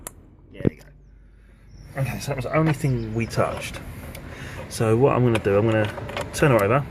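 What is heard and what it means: A plastic electrical connector is pushed onto a cleaned, just-refitted idle control valve and clicks home at 0.1 s, followed by a couple of faint ticks around 0.7 and 0.9 s. After a quiet pause, someone talks. The connector is seated.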